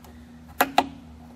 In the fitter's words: push it into here two clicks and there you go you all flushed out on there